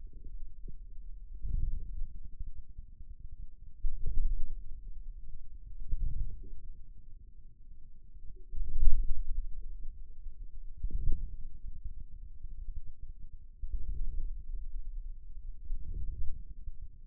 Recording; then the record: forearm muscle sounds (acoustic myography)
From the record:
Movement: inward rotation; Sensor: system 2, bracelet of six BSWA MPA416 microphones around the upper forearm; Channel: 3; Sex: male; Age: 22 years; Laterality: right